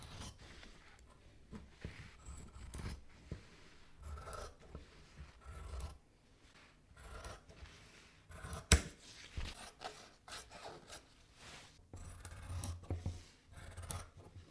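Tailor scissors cut waxed cotton in irregular crunchy snips and rustles, with low thumps and one sharp click near the middle.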